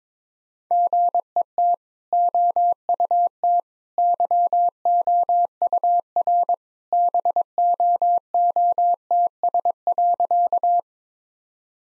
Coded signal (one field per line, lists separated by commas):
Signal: Morse code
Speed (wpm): 22 wpm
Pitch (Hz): 700 Hz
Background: none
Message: GET OUT YOUR BOOTS.